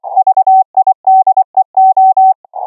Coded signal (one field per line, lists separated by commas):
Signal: Morse code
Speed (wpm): 24 wpm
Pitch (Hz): 760 Hz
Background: none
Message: VIDEO